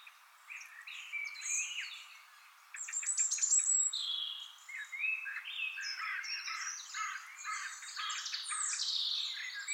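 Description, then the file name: European robin singing a varied warbling phrase of high, thin whistles and quick trills, pausing briefly before another tumbling sequence. "Erithacus rubecula"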